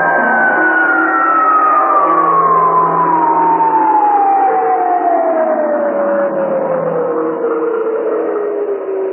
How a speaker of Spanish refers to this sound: La próxima vez que suenen las sirenas de alarma anunciando la presencia de objetos voladores no identificados, la incógnita se revelará.